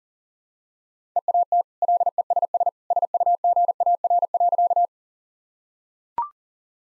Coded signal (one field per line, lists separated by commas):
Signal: Morse code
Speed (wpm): 37 wpm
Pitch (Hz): 700 Hz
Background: none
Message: EAT LESS SUGAR.